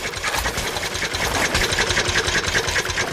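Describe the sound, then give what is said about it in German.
A vertical 'grandfather clock' single-cylinder engine, about 60 kg and about 0.5 hp at 600 rpm, powering a vehicle at about 12 km/h, chugs at a fast, steady beat, its clattering mechanical pulses repeating evenly at a constant, fairly loud level with no voices. “Von der liegenden in eine stehende Form umgebaut, heißt der Einzylinder jetzt Standuhr.”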